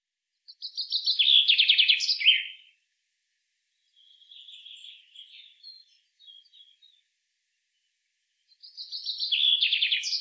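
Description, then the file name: Common chaffinch song: one full trilled phrase descending to an ending flourish, then a second phrase cut off at the end, with faint scattered soft notes in between. "Fringilla coelebs"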